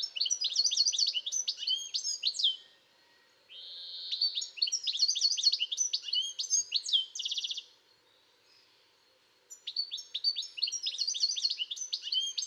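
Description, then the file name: European goldfinch song: bright tinkling twittering phrases of quick high notes and short buzzy trills in three bursts separated by short pauses. "Carduelis carduelis"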